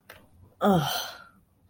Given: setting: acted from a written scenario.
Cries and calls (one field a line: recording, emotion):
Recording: vocal sound without words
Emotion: shame